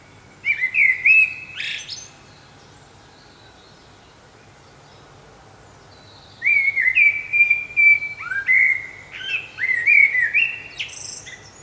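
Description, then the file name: Common blackbird singing two phrases: a brief whistled burst early, then after a long pause a longer mellow warble of rising and falling fluted notes with thin, squeaky high flourishes. "Turdus merula"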